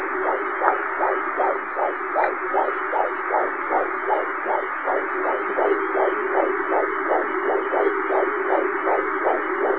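Rapid, regular pulsing beats, about 160 a minute, over a steady hum and hiss: a heartbeat.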